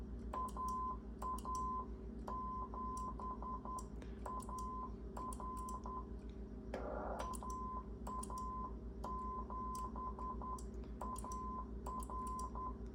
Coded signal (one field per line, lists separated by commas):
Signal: Morse code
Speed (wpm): 11 wpm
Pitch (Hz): 1020 Hz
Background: none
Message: AA7AR AA7AR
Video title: Dave wants a QSO w/ the Stack-O-MFJ!